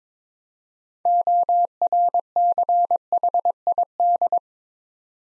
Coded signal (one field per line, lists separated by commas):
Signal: Morse code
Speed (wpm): 22 wpm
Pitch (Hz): 700 Hz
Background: none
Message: ORCHID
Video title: Easy Words with Hints - 22wpm